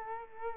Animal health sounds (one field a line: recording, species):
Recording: mosquito wingbeat signal from an infrared sensor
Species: Culex quinquefasciatus